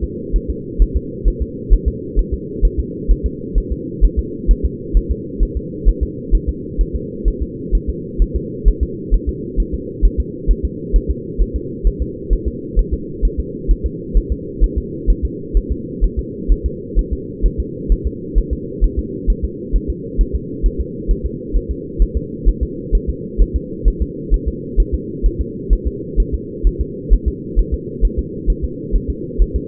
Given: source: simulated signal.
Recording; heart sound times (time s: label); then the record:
fetal heart sounds
0.04 s: S2
0.36 s: S1
0.50 s: S2
0.82 s: S1
0.97 s: S2
1.28 s: S1
1.42 s: S2
1.74 s: S1
1.88 s: S2
2.19 s: S1
2.34 s: S2
2.65 s: S1
2.80 s: S2
3.11 s: S1
3.26 s: S2
3.58 s: S1
3.72 s: S2
4.05 s: S1
4.19 s: S2
4.51 s: S1
4.65 s: S2
4.97 s: S1
5.12 s: S2
5.43 s: S1
5.57 s: S2
5.89 s: S1
6.03 s: S2
6.35 s: S1
6.49 s: S2
6.81 s: S1
6.96 s: S2
7.28 s: S1
7.43 s: S2
7.75 s: S1
7.90 s: S2
8.22 s: S1
8.36 s: S2
8.68 s: S1
8.83 s: S2
9.14 s: S1
9.29 s: S2
9.60 s: S1
9.74 s: S2
10.05 s: S1
10.20 s: S2
10.51 s: S1
10.65 s: S2
10.96 s: S1
11.11 s: S2
11.42 s: S1
11.56 s: S2
11.87 s: S1
12.02 s: S2
12.33 s: S1
12.48 s: S2
12.79 s: S1
12.94 s: S2
13.25 s: S1
13.40 s: S2
13.71 s: S1
13.86 s: S2
14.17 s: S1
14.32 s: S2
14.64 s: S1
14.78 s: S2
15.10 s: S1
15.25 s: S2
15.57 s: S1
15.72 s: S2
16.04 s: S1
16.19 s: S2
16.52 s: S1
16.66 s: S2
16.99 s: S1
17.13 s: S2
17.46 s: S1
17.60 s: S2
17.92 s: S1
18.07 s: S2
18.38 s: S1
18.53 s: S2
18.84 s: S1
18.99 s: S2
19.30 s: S1
19.45 s: S2
19.76 s: S1
19.90 s: S2
20.21 s: S1
20.35 s: S2
20.66 s: S1
20.81 s: S2
21.11 s: S1
21.26 s: S2
21.56 s: S1
21.71 s: S2
22.02 s: S1
22.17 s: S2
22.49 s: S1
22.63 s: S2
22.95 s: S1
23.09 s: S2
23.42 s: S1
23.56 s: S2
23.88 s: S1
24.02 s: S2
24.34 s: S1
24.48 s: S2
24.80 s: S1
24.94 s: S2
25.26 s: S1
25.41 s: S2
25.73 s: S1
25.87 s: S2
26.20 s: S1
26.34 s: S2
26.67 s: S1
26.81 s: S2
27.13 s: S1
27.28 s: S2
27.59 s: S1
27.74 s: S2
28.05 s: S1
28.19 s: S2
28.50 s: S1
28.65 s: S2
28.96 s: S1
29.10 s: S2
29.42 s: S1
29.56 s: S2
From the record:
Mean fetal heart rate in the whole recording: 130 bpm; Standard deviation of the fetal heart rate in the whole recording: 2 bpm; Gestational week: 36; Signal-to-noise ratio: -4.1 dB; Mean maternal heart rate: no maternal heart sound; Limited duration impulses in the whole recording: absent